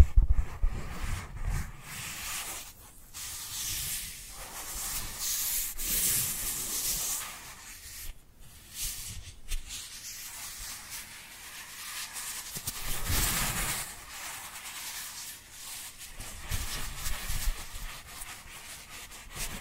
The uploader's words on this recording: Dry Dry Hand Sounds. (No Talking).